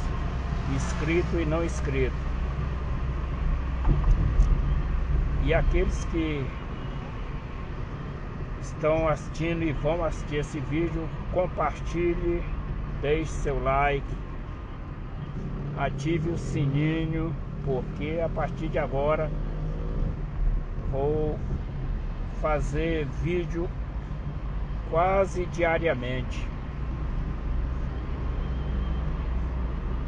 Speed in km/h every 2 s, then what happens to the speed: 48, 48, 45, 43, 41, 39, 35, 24, 21, 23, 25, 29, 33, 35, 34.
0-15 slows to 21. 19-26 speeds up to 35.